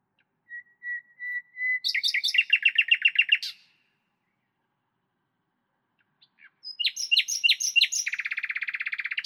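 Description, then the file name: Common nightingale singing: slow soft whistled notes swelling into a fast rattling trill, silence, then another phrase ending in a rapid buzzy repeated run. "Luscinia megarhynchos"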